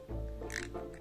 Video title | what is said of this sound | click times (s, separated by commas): DIY: How to change a BMW CAR KEY BATTERY | gently push it in make sure it all clicks in place and there you go | 0.6 s